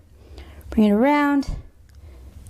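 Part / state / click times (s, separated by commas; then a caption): hook of a handmade metal necklace clasp into its clasp body / seated / 2.5 s. A metal hook on a handmade necklace clasp, already soldered, pickled and with its spacers trimmed, is brought around and pushed into the small clasp body to test it while someone talks. A sharp click at 2.5 s marks the hook snapping home and seating in place.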